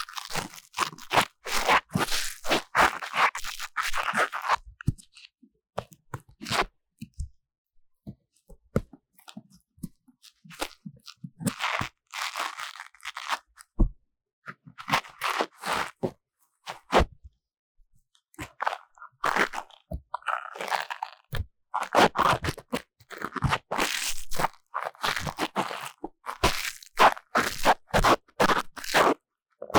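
Deep ear cleaning with dense bursts of crisp crunching and scratching, coming in clusters separated by brief quiet pauses throughout.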